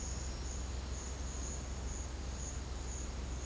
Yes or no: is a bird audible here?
no